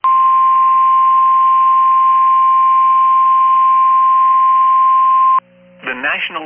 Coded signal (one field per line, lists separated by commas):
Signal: Emergency Alert System (SAME) tones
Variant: 1050 Hz attention tone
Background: speech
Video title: BACK TO BACK VIRGNIA EAS ALERTS FROM MANASSAS VIRGINIA NOAA WEATHER RADIO TRANSMITTER EAS #15 16